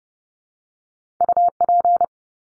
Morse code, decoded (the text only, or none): UP